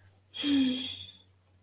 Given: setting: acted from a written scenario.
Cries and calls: vocal sound without words; sadness

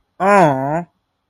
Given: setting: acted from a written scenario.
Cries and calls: vocal sound without words; adoration

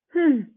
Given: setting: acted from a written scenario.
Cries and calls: vocal sound without words; contempt

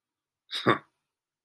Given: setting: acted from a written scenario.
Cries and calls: vocal sound without words; contempt

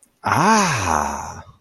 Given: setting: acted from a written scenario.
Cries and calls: vocal sound without words; amusement

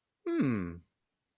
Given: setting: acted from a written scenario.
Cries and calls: vocal sound without words; interest

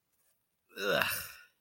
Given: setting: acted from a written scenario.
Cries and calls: vocal sound without words; disgust

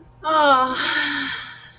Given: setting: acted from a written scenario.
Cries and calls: vocal sound without words; romantic love

